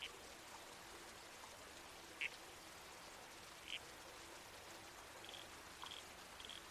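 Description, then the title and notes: Red-crowned toadlet calls, a couple of sharp isolated notes followed by a short cluster of softer notes, over a quiet creek hiss. Night soundscape in the bush with a babbling creek and trees swaying in the wind. "Red-Crowned Toadlet. Nocturnal Worlds"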